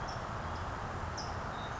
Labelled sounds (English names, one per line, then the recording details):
California Towhee
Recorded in Sonoma County, California